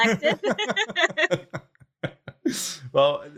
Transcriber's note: laugh